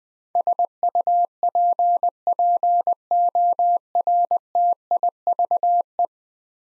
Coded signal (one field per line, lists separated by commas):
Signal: Morse code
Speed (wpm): 20 wpm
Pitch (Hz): 700 Hz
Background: none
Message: SUPPORTIVE